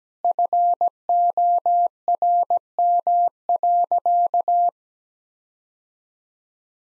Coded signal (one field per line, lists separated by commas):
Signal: Morse code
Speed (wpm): 17 wpm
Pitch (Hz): 700 Hz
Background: none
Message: FORM.